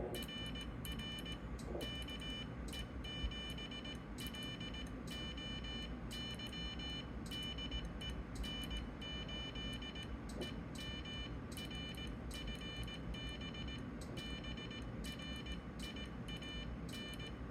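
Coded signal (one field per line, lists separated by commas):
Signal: Morse code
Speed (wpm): 18 wpm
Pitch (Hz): 3000 Hz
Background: none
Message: RR KE7LOY DE N8EM RFB BRIAN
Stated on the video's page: CW contact on a Flex 1500, keyed with a WinKeyer.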